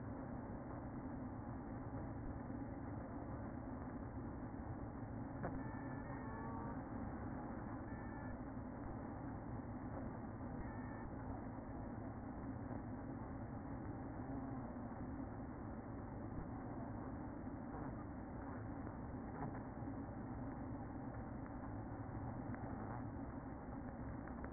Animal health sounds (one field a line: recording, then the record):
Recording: honeybee colony, microphone inside the hive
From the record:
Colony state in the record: queen present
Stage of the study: after two queens were removed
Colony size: about 60,000 bees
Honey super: yes